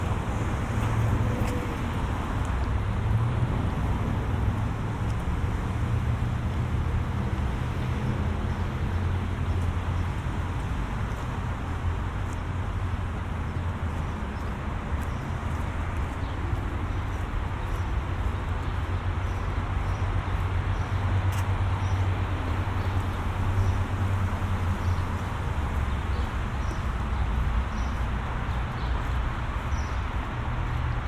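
Walking home from the mall through the suburbs, with a steady low rumble of road traffic and occasional faint clicks and scuffs.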